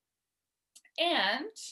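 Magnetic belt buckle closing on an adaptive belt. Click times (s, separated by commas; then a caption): 0.8 s. A magnetic belt buckle on an adaptive belt snaps shut with a sharp click at 0.8 s, followed by a fainter click. Then someone talks, and the strong magnet holds the buckle closed.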